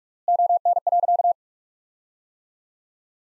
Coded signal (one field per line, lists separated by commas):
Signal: Morse code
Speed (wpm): 47 wpm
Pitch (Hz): 700 Hz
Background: none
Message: ON.